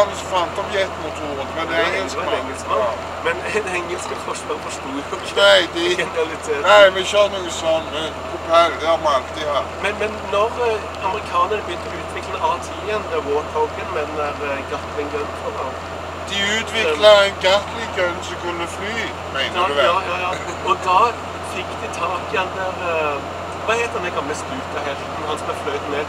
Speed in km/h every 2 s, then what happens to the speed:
75, 75, 74, 74, 74, 74, 75, 76, 77, 78, 79, 79, 80.
0-26 steady at about 75.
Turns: none.